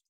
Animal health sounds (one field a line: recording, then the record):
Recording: hydrophone in a shrimp aquaculture tank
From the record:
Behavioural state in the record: feeding